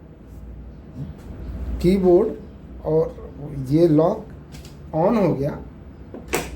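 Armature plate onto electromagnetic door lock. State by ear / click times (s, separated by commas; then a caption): seated / 6.3 s. With the power switched on, someone talks while a metal armature plate is brought to an electromagnetic door lock. The plate snaps sharply against the magnet at 6.3 s, and the lock holds it fast so it will not come loose.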